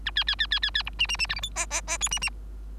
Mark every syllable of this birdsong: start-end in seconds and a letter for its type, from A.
0.05-0.11 A, 0.15-0.24 B, 0.27-0.35 B, 0.39-0.46 B, 0.51-0.59 B, 0.62-0.70 B, 0.74-0.83 B, 0.86-0.90 C, 0.99-1.07 D, 1.08-1.17 D, 1.19-1.27 D, 1.29-1.35 E, 1.35-1.41 F, 1.42-1.50 G, 1.55-1.66 H, 1.70-1.81 H, 1.87-1.98 H, 2.00-2.08 I, 2.11-2.19 D, 2.21-2.30 D